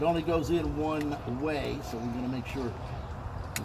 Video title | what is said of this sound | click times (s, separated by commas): Volkswagen beetle convertible 2004 air cabin filter replacement | like that it snaps right in | 3.6 s